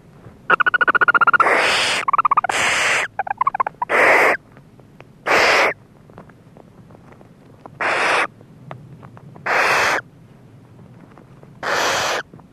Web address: barn owl